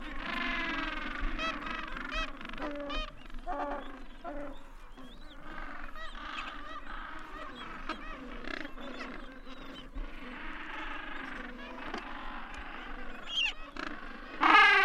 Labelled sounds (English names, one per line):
Gentoo Penguin call